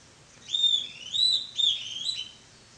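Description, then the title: Bird song: a short series of bright, slurred high whistles over a quiet background hiss. "LuckyPassaro Completos2Sama"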